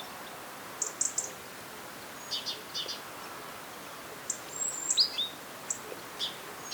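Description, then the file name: Great tit calls: short high chirps and thin whistled notes scattered irregularly, some in quick pairs, over a steady hiss of background noise. "Parus major"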